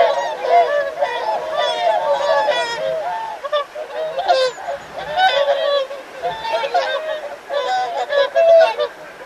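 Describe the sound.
Whooper swans calling as a flock, dense overlapping nasal honks and trumpeting bursts rising and falling in loudness.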